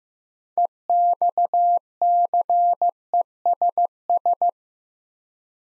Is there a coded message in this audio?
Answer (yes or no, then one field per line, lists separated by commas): yes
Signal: Morse code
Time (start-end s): 0.6-4.5 s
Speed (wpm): 15 wpm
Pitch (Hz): 700 Hz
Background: none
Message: EXCESS